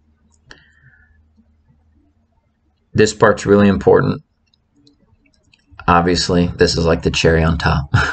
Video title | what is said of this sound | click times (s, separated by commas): Subaru center differential rebuild (viscous coupler) | watch there all right see how it clicked in that's what you want | 0.5 s